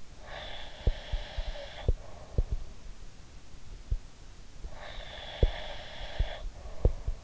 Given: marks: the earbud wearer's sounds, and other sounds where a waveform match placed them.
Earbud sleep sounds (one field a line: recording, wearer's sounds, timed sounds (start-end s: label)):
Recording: sounds in sleep by an in-ear microphone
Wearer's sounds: breath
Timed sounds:
0.16-2.57 s: breath
0.81-2.75 s: sound from someone else or the room
3.81-7.24 s: sound from someone else or the room
4.67-7.24 s: breath